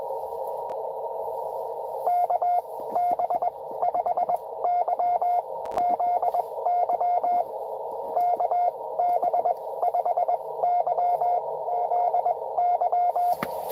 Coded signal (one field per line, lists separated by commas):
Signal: Morse code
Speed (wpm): 22 wpm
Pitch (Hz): 700 Hz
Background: radio noise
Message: KB5YZY KB5YZY